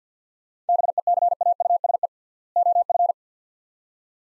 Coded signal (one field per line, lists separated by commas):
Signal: Morse code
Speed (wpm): 45 wpm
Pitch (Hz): 700 Hz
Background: none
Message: BECAUSE OF